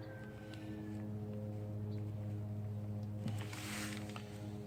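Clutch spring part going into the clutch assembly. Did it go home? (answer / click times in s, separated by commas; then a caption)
no / none. A clutch spring is pressed by hand into a GY6 scooter clutch assembly over a steady low hum, with only a few faint taps and rustles around 3.3 to 4.2 seconds. It looks seated but is not all the way in, and no snap is heard, unlike the other springs, so nothing has seated or clicked yet.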